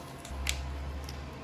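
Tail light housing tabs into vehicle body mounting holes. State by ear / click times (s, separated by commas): seated / 0.5 s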